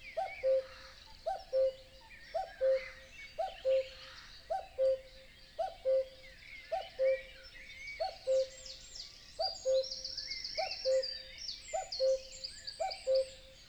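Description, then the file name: Common Cuckoo singing its two-note cu-ckoo, the second note lower, about twelve times at a steady pace near one per second, over a chorus of high twittering songbirds. Dawn chorus in a European wetland; stereo binaural recording. "Nature European-Wetland Dawn-Chorus Cuckoo"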